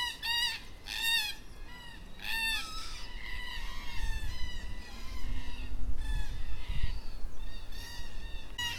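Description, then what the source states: Black cockatoos calling with grating, wavering wails in bursts, over a low rumbling hum in the background. Black cockatoos at dusk in Perth.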